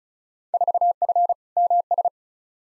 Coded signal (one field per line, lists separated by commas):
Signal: Morse code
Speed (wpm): 36 wpm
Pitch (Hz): 700 Hz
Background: none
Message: 4F MS